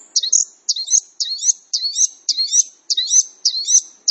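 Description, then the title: Orange-headed thrush repeating the same short high twisting whistled phrase about twice per second, steady and sweet. Singing persistently and energetically, described as 'gacor'; song praised as very good. "Anis Kembang Gacor. Kicau Anis Kembang Sangat Bagus"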